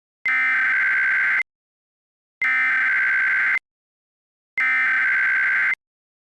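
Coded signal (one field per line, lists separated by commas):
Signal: Emergency Alert System (SAME) tones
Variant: header bursts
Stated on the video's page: Fictional EAS-style scenario, simulated alert.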